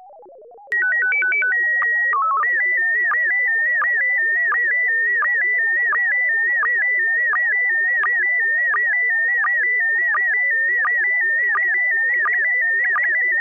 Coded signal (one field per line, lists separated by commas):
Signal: SSTV (slow-scan television)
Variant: PD 90